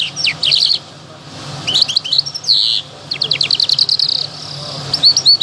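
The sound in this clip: Lark song of quick high chirps, a buzzy burst and a rapid series of clipped notes running into a sustained buzz, with a low hum beneath.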